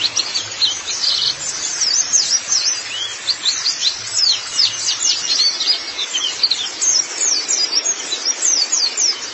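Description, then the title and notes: White-eye song: clear, thin, rapidly repeated downslurred chirps forming lively twittering phrases, steady from start to end. Long-duration recording of the chirping song. "Kicauan Burung Pleci Durasi Panjang. Suara kicauan burung pleci"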